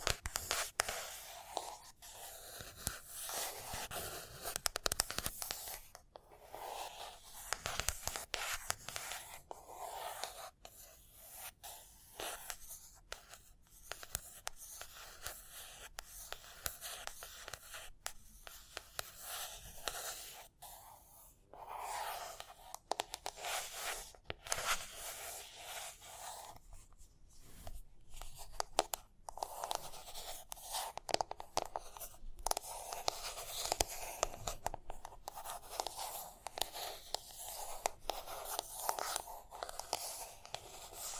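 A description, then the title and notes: Tapping and scratching run continuously, with dense rough scrapes and sharp tapping clicks coming irregularly throughout, some sharper bursts near twenty and thirty seconds. Tapping and Scratching (No Talking).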